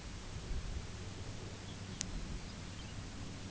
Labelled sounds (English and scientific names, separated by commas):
Pectoral Sandpiper (Calidris melanotos), unidentified sound